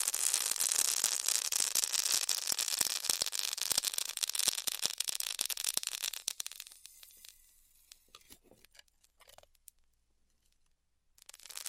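Styrofoam being heat cut gives a dense, bright hiss crowded with sharp crackling snaps for the first six seconds. The sound then thins and fades to scattered faint ticks and near silence, before a brief burst of hiss returns at the very end.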